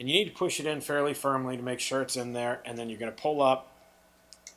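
Someone talks while an ultrasound probe connector is pushed firmly into the port of a GE Vivid i portable ultrasound system, ahead of pulling up the lock key to lock it. Two faint ticks sound near 4.3 s and 4.5 s as the speech ends. The connector has not seated or locked yet.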